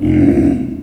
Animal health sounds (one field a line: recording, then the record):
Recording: squeal of a Yucatan mini pig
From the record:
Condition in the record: after surgery on the right vocal fold (resection and tissue-engineered implant)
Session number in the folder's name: 1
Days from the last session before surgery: 13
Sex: female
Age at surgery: 19 weeks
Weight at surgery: 25 kg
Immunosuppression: prednisolone